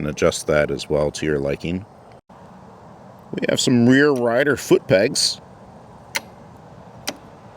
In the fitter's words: kind of make a nice click when they deploy and fold back in.